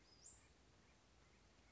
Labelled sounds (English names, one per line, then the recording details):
Western Flycatcher
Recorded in Sonoma County, California